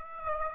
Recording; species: mosquito wingbeat signal from an infrared sensor; Aedes aegypti